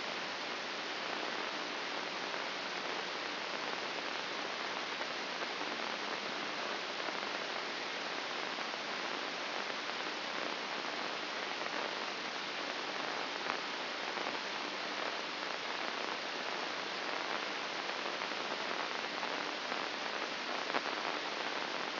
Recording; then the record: brain microelectrode recording played as sound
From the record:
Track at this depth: inside the subthalamic nucleus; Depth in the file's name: 4.23 mm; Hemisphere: left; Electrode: 2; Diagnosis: Parkinson's disease